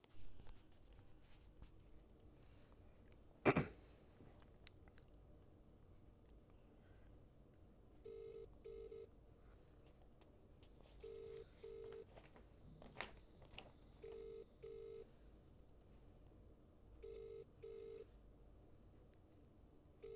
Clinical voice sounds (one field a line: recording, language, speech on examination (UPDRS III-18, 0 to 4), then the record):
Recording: text read into a phone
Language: English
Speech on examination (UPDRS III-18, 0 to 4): 0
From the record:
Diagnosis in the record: healthy control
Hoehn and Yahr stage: 0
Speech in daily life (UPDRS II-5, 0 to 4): 0